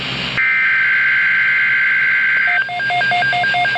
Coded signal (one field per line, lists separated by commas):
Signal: Emergency Alert System (SAME) tones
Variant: header bursts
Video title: Tornado Watch (EAS #902) 7/13/15